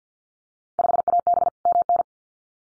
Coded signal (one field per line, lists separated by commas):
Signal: Morse code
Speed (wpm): 50 wpm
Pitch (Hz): 700 Hz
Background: none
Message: 5AB MN